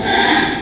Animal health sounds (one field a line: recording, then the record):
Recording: squeal of a Yucatan mini pig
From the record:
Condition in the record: after surgery on the right vocal fold (resection and tissue-engineered implant)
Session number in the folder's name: 3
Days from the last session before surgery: 33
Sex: male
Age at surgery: 12 weeks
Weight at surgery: 13 kg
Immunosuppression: cyclosporine, prednisolone